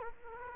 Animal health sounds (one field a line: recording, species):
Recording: mosquito wingbeat signal from an infrared sensor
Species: Culex quinquefasciatus